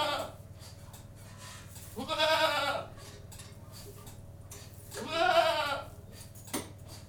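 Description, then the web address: Domestic goat, two strong trembling bleats about three seconds apart, with a sharp knock afterward and a rhythmic low milking-machine hum throughout. Goats in a goat-house, general atmosphere with a milking machine running in the background. "Sound Effects Library (Livestock) General atmosphere in goat-house, with milking machine in background"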